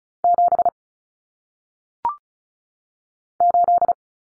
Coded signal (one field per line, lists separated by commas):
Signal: Morse code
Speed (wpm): 36 wpm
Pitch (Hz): 700 Hz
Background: none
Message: 7 8